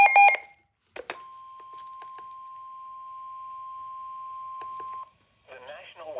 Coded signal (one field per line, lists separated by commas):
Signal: Emergency Alert System (SAME) tones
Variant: 1050 Hz attention tone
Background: speech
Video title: NOAA Weather Radio Series | Compilation | EAS #2 ~ #12